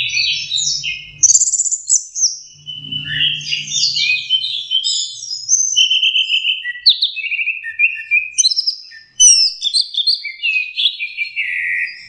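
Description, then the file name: Orange-headed thrush song of bright, varied phrases, rapid trills, slurred whistles and clipped chirps in an unbroken stream, with a brief low hum near the start. Masteran (training) song of orange-headed thrush. "suara masteran anis merah"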